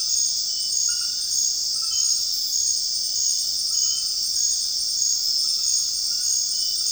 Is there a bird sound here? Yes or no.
no